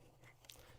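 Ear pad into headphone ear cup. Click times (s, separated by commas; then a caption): 0.5 s. A replacement ear pad with a plastic clip ring is pushed by hand back onto the ear cup of a pair of Bose QuietComfort headphones. Over a quiet low hum, a faint tick is heard, then a short, sharp, bright click at 0.5 s as the pad snaps into place and is seated.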